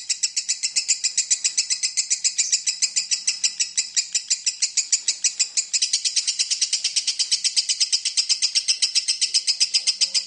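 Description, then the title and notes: Lovebird chattering song, a long rapid run of harsh, buzzy high notes repeated about four times a second without a break. Lovebird ngekek song used as a lure song (kicau pancingan) to prompt other birds to sing. "Master Kicau Lovebird ngekek, kicau pancingan"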